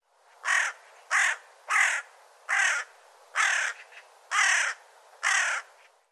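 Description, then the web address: Bird giving harsh, hoarse caws: seven fairly evenly spaced calls over about six seconds, each lasting roughly a third of a second. "cianscape birddata"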